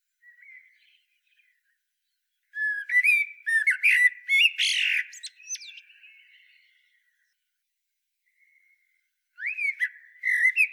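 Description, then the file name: Common blackbird singing a rich mellow warbled phrase that breaks into shrill high twittering, then a long pause, then a new phrase begins. "Turdus merula"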